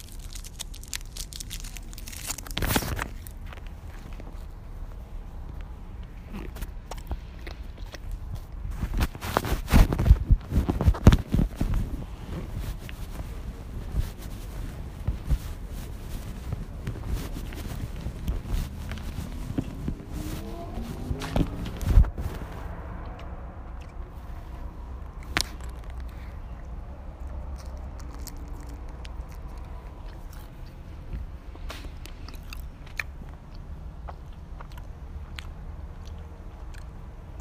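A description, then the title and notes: Someone eats a snack, with crunchy bites and chewing at an uneven pace. The loudest cluster of crisp cracks comes around ten to twelve seconds, with another sharp snap near three seconds. After about twenty-two seconds the chewing turns softer and more muffled over a low background hum. Snickers and chips.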